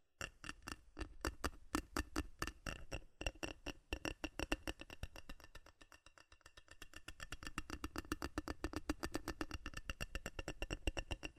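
Fast metal tapping, sharp bright clicks in irregular bursts that speed into a dense, rapid patter after six seconds, never pausing long.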